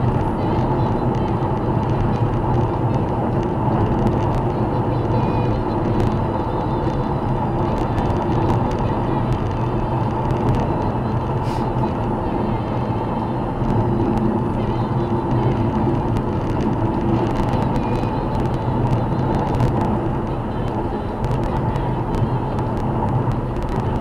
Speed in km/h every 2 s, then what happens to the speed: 108, 109, 109, 109, 108, 107, 103, 101, 98, 97, 99, 102.
0-7 steady at about 109. 7-15 slows to 98. 15-24 steady at about 98.